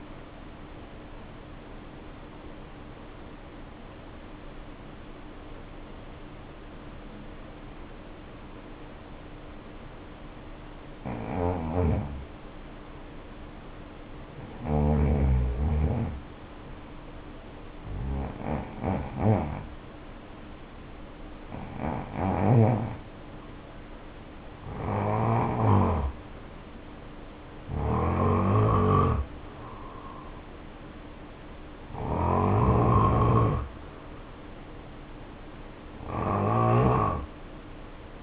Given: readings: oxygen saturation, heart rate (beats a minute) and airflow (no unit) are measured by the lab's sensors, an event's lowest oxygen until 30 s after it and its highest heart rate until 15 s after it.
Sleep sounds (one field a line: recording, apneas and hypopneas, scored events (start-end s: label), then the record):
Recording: breathing in sleep by a voice recorder at the bedside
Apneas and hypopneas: 1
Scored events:
3.00-19.30 s: hypopnea (N1, oxygen 95% highest, then 82% lowest, heart rate 57 at the start, 70 highest)
From the record:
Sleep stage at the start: N1 (lightest sleep)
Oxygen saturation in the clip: 82 to 95%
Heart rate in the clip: 57 to 70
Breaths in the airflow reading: 8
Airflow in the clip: -5.8 to 5.1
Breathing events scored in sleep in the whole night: 520 in 7.2 hours asleep